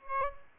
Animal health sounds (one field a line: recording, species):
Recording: mosquito wingbeat signal from an infrared sensor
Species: Aedes albopictus